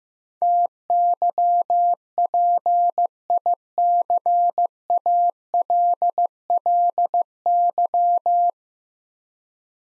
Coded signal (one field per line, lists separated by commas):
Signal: Morse code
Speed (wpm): 15 wpm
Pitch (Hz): 700 Hz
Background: none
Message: TYPICALLY